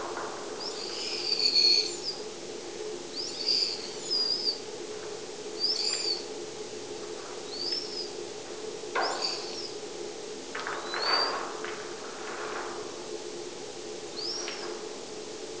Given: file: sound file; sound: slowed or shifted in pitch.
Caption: Example of congenitally deaf CASP3 KO mouse song.